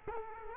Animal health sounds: mosquito wingbeat signal from an infrared sensor; Culex quinquefasciatus

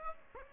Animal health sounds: mosquito wingbeat signal from an infrared sensor; Aedes aegypti

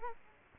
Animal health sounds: mosquito wingbeat signal from an infrared sensor; Culex quinquefasciatus

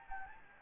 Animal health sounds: mosquito wingbeat signal from an infrared sensor; Anopheles gambiae

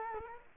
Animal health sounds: mosquito wingbeat signal from an infrared sensor; Culex quinquefasciatus

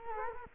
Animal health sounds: mosquito wingbeat signal from an infrared sensor; Culex quinquefasciatus

